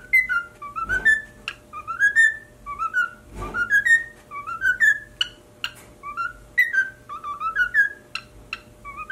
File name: Cockatiel Singing